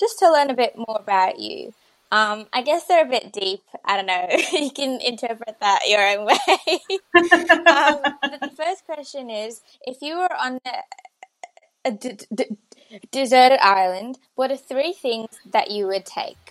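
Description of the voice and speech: Adult woman who stutters, speaking conversationally in a small room. Stuttering is heard as prolonged sounds and pauses mid-phrase. She attended speech therapy during her school years.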